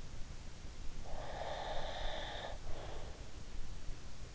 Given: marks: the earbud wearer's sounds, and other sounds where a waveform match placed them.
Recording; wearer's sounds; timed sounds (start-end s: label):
sounds in sleep by an in-ear microphone; breath
1.10-3.23 s: breath